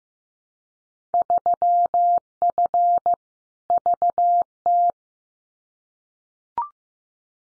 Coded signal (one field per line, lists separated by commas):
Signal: Morse code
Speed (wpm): 15 wpm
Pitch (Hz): 700 Hz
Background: none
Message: 3F VT